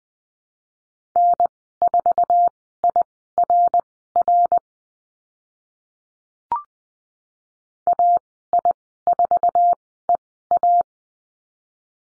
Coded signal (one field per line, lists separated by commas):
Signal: Morse code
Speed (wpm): 20 wpm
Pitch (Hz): 700 Hz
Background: none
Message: N4IRR AI4EA